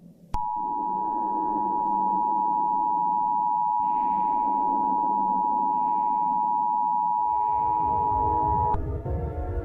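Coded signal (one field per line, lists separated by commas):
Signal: Emergency Alert System (SAME) tones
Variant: 853 and 960 Hz attention tone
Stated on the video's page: SAME tones in a joke fictional EAS scenario, not a real alert.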